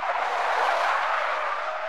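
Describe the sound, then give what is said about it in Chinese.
Car tires skid under hard emergency braking in the distance, several streets away at night, a loud, steady hissing screech that holds for about two seconds without letting up. No voices are heard. “远处响起紧急刹车声”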